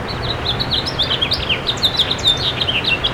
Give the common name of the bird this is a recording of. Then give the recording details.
House Finch. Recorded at Port Washington on Long Island, New York, on 22 May 2013. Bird A